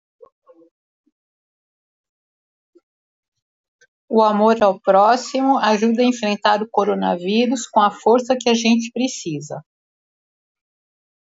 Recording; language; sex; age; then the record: spoken sentence; Brazilian Portuguese; female; 60 to 69 years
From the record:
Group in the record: control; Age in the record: 66 years